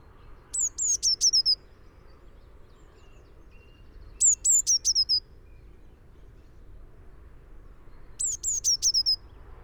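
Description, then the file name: Eurasian blue tit calls, three quick bursts of five or six high, thin downslurred notes, repeated about every four seconds. "Cyanistes caeruleus"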